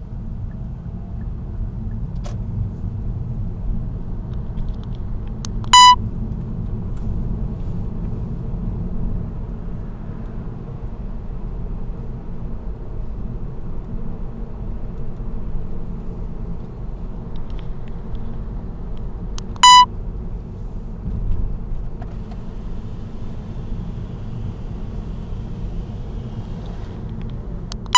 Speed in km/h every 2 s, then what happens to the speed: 27, 33, 39, 43, 45, 45, 47, 50, 48, 45, 42, 42, 42, 42.
0-13 speeds up to 50. 20-28 steady at about 42.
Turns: none.